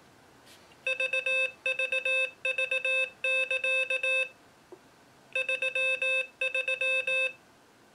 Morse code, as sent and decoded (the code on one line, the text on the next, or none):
...- ...- ...- -.-.- / ...-- ...--
VVV<KA> 33